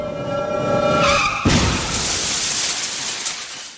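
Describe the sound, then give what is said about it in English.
A car's tires squeal in a sustained, high-pitched skid for over a second as a drugged driver, way over the speed limit, loses control of the car, then a sudden loud crash bursts in, followed by a harsh, noisy rumble of wreckage. “I lost all judgment and didn't even notice that I was way over the speed limit. I just couldn't control my car.”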